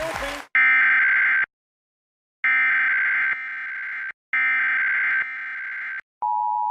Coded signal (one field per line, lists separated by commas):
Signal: Emergency Alert System (SAME) tones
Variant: header bursts